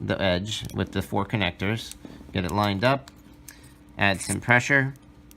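An acrylic connector is lined up with the edge slot of a board game overlay and pressure is added while someone talks, with a couple of brief sharp ticks in the pauses. Nothing has seated or clicked yet.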